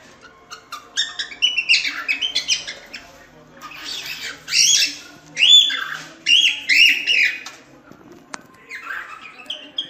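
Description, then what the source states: Cockatiel sounds: mixed chattering and several loud, harsh, rasping calls spaced about a second apart, fading into softer chirps. Several cockatiels singing with whistles.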